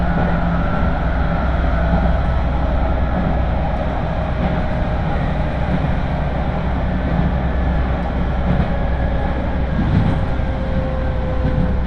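A Tokaido Line local train rolls between stations, its running noise a steady, dense low rumble that holds level for the whole stretch. Faint tones drift above the roar, and a few soft clicks and knocks from the wheels surface around the fourth and tenth seconds.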